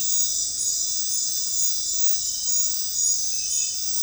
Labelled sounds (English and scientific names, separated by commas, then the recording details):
none
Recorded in dense forest near Puerto Asís, Putumayo, Colombia, on 21 February 2024 at 22:30
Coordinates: 0.500, -76.322
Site G6465